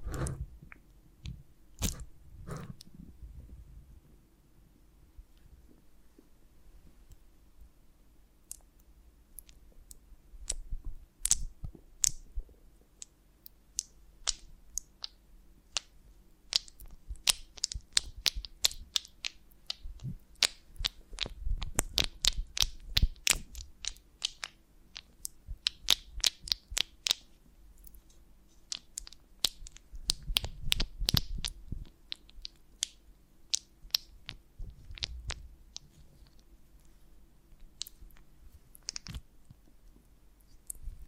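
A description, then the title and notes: Sharp, crisp clicks and snaps from a honeycomb on a branch come in irregular bursts throughout, sometimes sparse, sometimes dense clusters around 11, 17–27 and 30–35 seconds. Low thumps appear with some bursts, over a faint steady hum. ASMR of a Honeycomb on Branch (No Talking).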